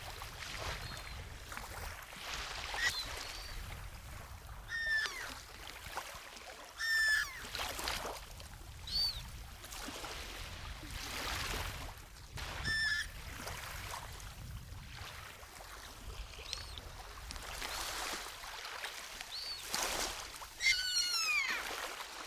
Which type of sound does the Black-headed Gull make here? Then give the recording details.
call. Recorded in the wild. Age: diverse. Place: Stubbenfelde, Insel Usedom, Mecklenburg-Vorpommern, DE. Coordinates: 54.0286, 14.0319. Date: 1983-09-16 17:30. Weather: overcast, 17°C. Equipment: Nagra SN, Sennheiser MKH 416T (Automatik), Kopie Uher 4000 Report Monitor. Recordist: Tembrock, Günter